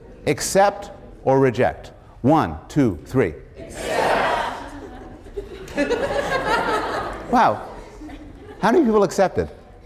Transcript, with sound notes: Accept or reject. One, two, three. [laughter] Wow. How many people accepted?